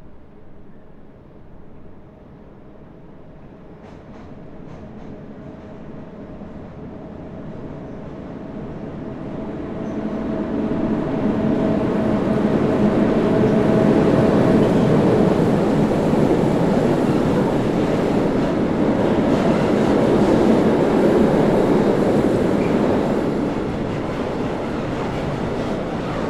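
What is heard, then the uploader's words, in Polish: A train rolls across a railway bridge, its rumble rising from a murmur to a loud, dense roar around the tenth second and holding through the end. A steady low hum runs beneath the clatter, with faint pedestrian sounds early on. Przejazd pociagu po Moście Warszawskim (Kolejowym). Lokalizacja: Psie Pole. Opis: Przechodnie, pociąg. Rekorder, mikrofon: sony pcm d50, mic rode nt4, FEL BMA preamplifier Autor nagrania: Bartosz Grzyb.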